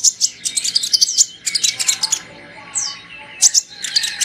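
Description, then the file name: Sunbird calls: quick, piercing chirps in fast runs, one thin descending whistle in the middle, then more sharp high notes. Lure sound used to attract birds. "suara burung kolibri pikat"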